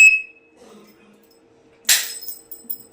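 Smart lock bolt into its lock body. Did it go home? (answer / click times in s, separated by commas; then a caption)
yes / 1.9 s. A smart lock's bolt, inserted in reverse, latches shut into its lock body with a sharp metallic clink at 1.9 seconds, followed by fainter clicks. A tonal beep opens the clip, and a steady low hum runs throughout. The smart lock is locked.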